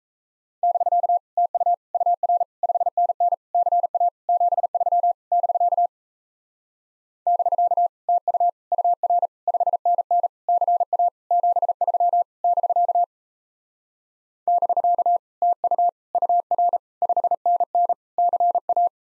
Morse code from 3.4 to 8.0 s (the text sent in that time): CA 73 <BK> <BK>